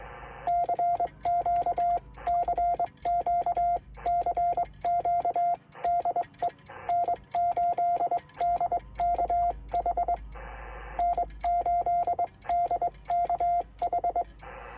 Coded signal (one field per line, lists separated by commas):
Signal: Morse code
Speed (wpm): 22 wpm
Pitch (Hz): 700 Hz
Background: radio noise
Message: CQ CQ CQ DE N8DKH N8DKH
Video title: Unsuccessful QSO (contact) attempt on 15 m via CW